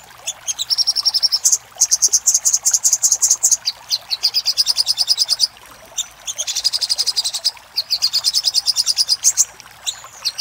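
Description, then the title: Little spiderhunter with long runs of very fast, high, ticking notes forming near-trills, broken by short pauses. Master recording of little spiderhunter ('sogok ontong'), labelled Labaik, used for training cage birds. "Masteran Burung Sogok Ontong Labaik"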